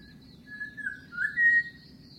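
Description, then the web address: Unidentified bird, clear whistled phrase: two soft slurred notes leading to a rising, louder sustained whistle; steady high-pitched background drone throughout. In mangroves; bird species unknown. "Sound Effects-Foundation 1 BIRD UNKNOWN MAGROVES"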